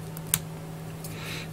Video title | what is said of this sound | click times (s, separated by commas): 1/100 Gundam MG Age-1 Dark Titus - Part IV | it snaps into place | 0.3 s